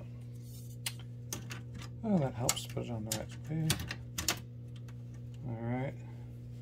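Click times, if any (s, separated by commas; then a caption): none. During reassembly of a Kenwood DP-860 CD player, the second plastic faceplate is handled against the player's front chassis while someone talks over a steady low hum. Brief plastic ticks and taps come at about 0.9, 1.3 and 4.2–4.3 seconds. Nothing has seated or clicked yet.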